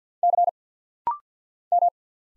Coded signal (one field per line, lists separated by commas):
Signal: Morse code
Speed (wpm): 48 wpm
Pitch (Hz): 700 Hz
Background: none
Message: C M